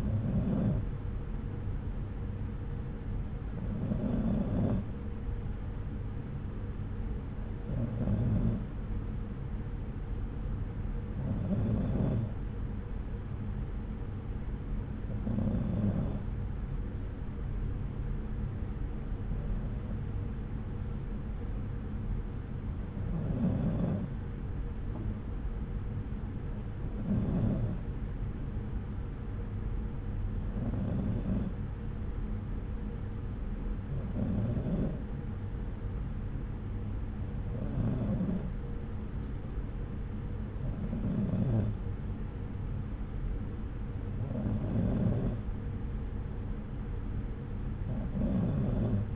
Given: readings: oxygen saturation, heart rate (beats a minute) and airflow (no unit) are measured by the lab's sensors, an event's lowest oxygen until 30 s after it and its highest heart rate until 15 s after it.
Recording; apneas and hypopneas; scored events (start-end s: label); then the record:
breathing in sleep by a smartphone at the bedside; none
none scored
From the record:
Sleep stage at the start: N2 (light sleep); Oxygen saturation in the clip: 93%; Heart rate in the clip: 64 to 69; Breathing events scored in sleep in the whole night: 303 in 8.1 hours asleep